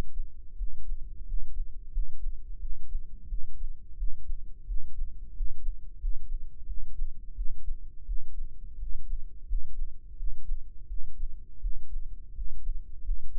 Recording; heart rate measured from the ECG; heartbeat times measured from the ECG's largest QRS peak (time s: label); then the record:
heart sounds by microphone in the right ear; 87 bpm
0.55 s: heartbeat
1.24 s: heartbeat
1.90 s: heartbeat
2.58 s: heartbeat
3.27 s: heartbeat
3.95 s: heartbeat
4.65 s: heartbeat
5.32 s: heartbeat
5.98 s: heartbeat
6.65 s: heartbeat
7.34 s: heartbeat
8.04 s: heartbeat
8.77 s: heartbeat
9.45 s: heartbeat
10.15 s: heartbeat
10.86 s: heartbeat
11.59 s: heartbeat
12.32 s: heartbeat
13.01 s: heartbeat
From the record:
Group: healthy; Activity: rest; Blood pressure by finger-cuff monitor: 117/82 mmHg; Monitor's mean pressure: 93 mmHg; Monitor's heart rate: 86 bpm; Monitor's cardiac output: 6.5 L/min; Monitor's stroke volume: 75 mL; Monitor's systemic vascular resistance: 1040 dyn s/cm5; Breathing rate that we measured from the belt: 16 breaths a minute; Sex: male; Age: 21 years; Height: 180 cm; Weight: 67.5 kg